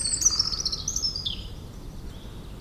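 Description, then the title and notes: European robin song fragment: a short burst of high, thin twittering notes sliding downward, with a low background rumble. Singing in the huge Meerdaalbos forest, Oud-Heverlee, Belgium, with planes taking off. "3051 Oud-Heverlee, Belgium - Meerdaalbos. Into the huge forest called Meerdaalbos, the European Robin singing, and planes takeoffs"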